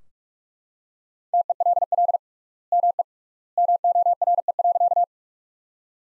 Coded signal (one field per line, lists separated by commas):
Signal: Morse code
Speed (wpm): 41 wpm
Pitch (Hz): 700 Hz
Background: none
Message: TELL ME MORE.